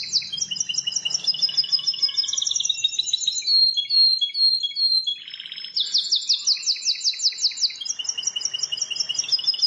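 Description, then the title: Bar-winged prinia song: dense rapid chirping phrases of repeated high notes, changing note type often, with a brief lull near the middle. "Ciblek Sawah 1"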